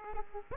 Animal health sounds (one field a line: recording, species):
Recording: mosquito wingbeat signal from an infrared sensor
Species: Aedes aegypti